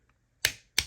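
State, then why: Seated. The plastic arms of a Hasbro Transformers Age of the Primes Superion combiner action figure are folded inward into the torso until they lock into the body. After a faint tick near 0.1 s, two sharp, loud clicks ring out at 0.5 s and 0.8 s as the arms seat into place.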